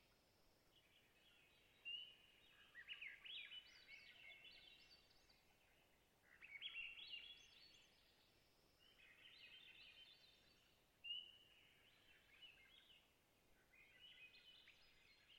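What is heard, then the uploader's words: A Swainson's thrush sings its rising, fluting phrases about every four to five seconds, with a sharp onset near 2, 6 and 11 seconds. Other birds call faintly between and under the songs, over a soft, steady hush of quiet forest at dusk. Swainson's Thrush - Catharus Ustulatus - surrounded. I spent a night in a bed of moss, listening to the sounds of Springtime Alaskan boreal taiga in the twilight. Location: Long Lake, Talkeetna, AK Weather: variable over the course of the night, 49-61°F, light to no wind.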